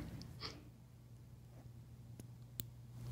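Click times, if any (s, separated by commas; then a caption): 2.6 s. A removable decorative insert is pressed back into a metal jewelry pendant, giving a faint tick at 2.2 seconds and then a sharp, bright snap at 2.6 seconds as it seats in place. A low steady hum runs underneath, with a brief rustle near the start and a louder burst at the very end.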